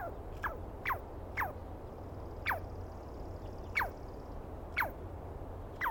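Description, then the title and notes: Douglas squirrel uttering a series of shrill, descending notes, roughly one per second, eight in total, with a faint high whistle in the background. Heard at dawn on 21 April 2017 in the East Cascades; a screaming squirrel calling at length during the recordist's morning recording session. "Interview With The Chipmunk. On the morning of 21 April, 2017, I set up my microphones and recorder for a nice dawn recording in the East Cascades. I was started awake by a screaming Douglas Pine Squirrel"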